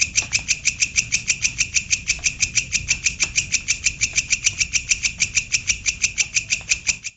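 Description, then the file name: Grasshopper stridulating: sharp, raspy high-pitched pulses repeated steadily about three times a second throughout, with a low background hum. "belalang kerek"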